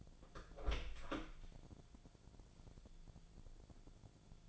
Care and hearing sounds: daily activity, microphone in the room; open door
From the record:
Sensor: 5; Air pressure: 1000.5 hPa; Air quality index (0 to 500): 157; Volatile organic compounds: 2 ppm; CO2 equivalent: 1211 ppm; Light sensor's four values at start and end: 49/115/48/51 and 49/115/48/51

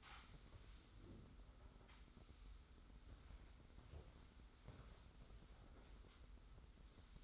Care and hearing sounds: daily activity, microphone in the room; sweep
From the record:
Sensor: 3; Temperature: 25.5 degrees Celsius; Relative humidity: 40.5%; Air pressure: 991.3 hPa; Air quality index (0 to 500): 141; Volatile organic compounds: 321 ppm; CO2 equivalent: 4526 ppm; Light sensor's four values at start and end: 53/144/59/52 and 53/145/59/53

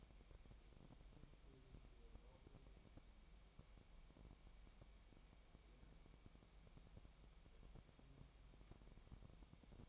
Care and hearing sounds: daily activity, microphone in the room; wipe stove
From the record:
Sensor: 1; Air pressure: 1003.3 hPa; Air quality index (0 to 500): 200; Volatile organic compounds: 6 ppm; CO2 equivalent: 1914 ppm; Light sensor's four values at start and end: 8/19/8/9 and 8/19/8/9

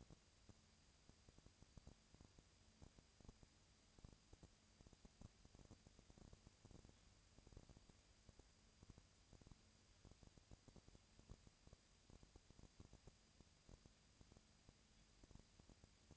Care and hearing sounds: daily activity, microphone in the room; no activity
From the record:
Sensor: 2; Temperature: 20.1 degrees Celsius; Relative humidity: 35.5%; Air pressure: 996.9 hPa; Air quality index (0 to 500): 197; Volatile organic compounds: 30 ppm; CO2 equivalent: 2958 ppm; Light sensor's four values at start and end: 2/3/2/2 and 2/3/2/2

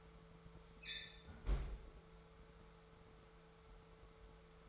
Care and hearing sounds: daily activity, microphone in the room; close fridge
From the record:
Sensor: 3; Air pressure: 1014.9 hPa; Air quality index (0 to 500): 200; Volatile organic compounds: 28 ppm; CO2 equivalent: 2914 ppm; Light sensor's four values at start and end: 10/24/10/10 and 10/24/10/10

